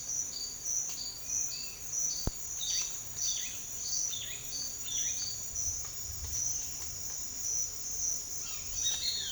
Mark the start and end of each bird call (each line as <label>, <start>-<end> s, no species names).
bird call, 2.63-5.25 s
bird call, 8.24-9.32 s